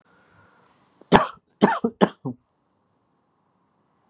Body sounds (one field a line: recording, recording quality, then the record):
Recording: shallow voluntary cough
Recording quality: excellent, no background noise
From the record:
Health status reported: recovered from COVID-19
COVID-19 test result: positive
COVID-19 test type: RT-PCR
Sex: male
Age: 29 years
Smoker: yes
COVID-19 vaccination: both doses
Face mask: not worn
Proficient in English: yes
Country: India